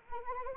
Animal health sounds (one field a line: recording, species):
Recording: mosquito wingbeat signal from an infrared sensor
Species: Anopheles arabiensis